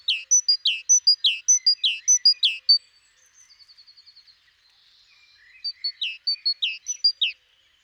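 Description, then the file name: Great tit song in rapid high-low two-note phrases, interrupted by a thin fast trill and quiet stretch, then the phrases resume. "Parus major"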